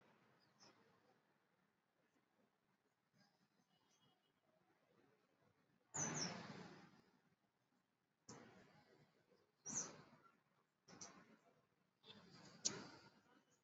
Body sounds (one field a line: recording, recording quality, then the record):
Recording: shallow breathing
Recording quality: poor, much background noise or distortion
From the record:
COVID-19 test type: RT-PCR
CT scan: not taken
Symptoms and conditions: cough, cold, sore throat, fever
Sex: male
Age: 26 years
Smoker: no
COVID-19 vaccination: both doses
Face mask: worn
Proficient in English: yes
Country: India